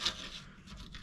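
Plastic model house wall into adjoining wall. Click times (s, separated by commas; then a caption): 1.0 s. A plastic wall of a Walthers HO scale Aunt Lucy's House model kit is pushed into place against the adjoining wall, with a brief scraping rustle at the start and a quiet rubbing afterward. A short, sharp snap at about 1.0 s marks the wall snapping together and seating in place.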